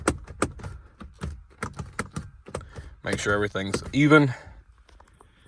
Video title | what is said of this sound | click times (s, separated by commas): How to replace a Crown Victoria steering wheel (panther platform vehicle lineup) | And we're just simply going to push in until you hear it click. | 0.1 s, 0.4 s